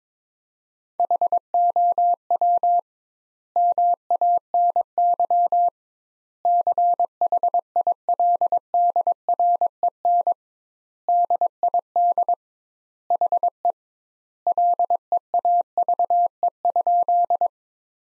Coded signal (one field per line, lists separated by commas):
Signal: Morse code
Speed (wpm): 21 wpm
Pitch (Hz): 700 Hz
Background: none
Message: HOW MANY CHILDREN DID HE LEAVE?